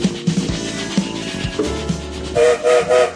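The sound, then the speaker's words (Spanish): A moving train rumbles and clatters with rhythmic knocks, then three short, loud whistle blasts sound in quick succession over the steady rolling noise. “¿Escucharon el silbato? Estamos en marcha”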